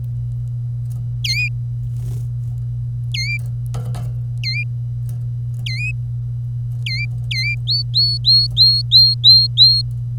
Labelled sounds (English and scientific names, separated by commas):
Domestic Canary (Serinus canaria) song